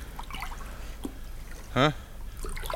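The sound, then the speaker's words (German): Water trickles and splashes softly and steadily, broken midway by a short, louder gulping slurp with a rising, voiced tone as someone drinks the water, which is fresh water. “Jetzt fängst du auch schon an, von dem Wasser da zu trinken.”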